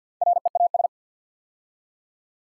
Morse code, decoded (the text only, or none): REAS